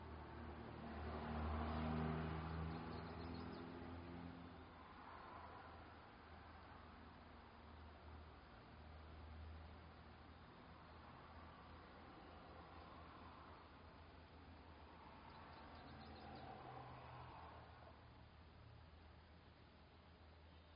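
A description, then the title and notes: Traffic rumbles through a neighborhood, with a loud vehicle passing in the first few seconds, then a steady low drone of engines. A second vehicle swells and fades around fifteen to eighteen seconds, and the sound is dull and muffled overall. Some field recordings. This from our upstairs deck. Neighborhood noises and traffic.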